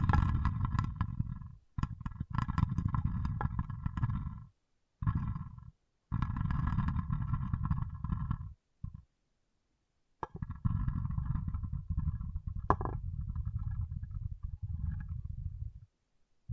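Water beads churn in dense, low rumbling bursts with a steady rattling clatter riding on top. The sound stops and starts in stretches of a few seconds, broken by short silences and one longer pause around the ninth to tenth second, then runs on until nearly the end.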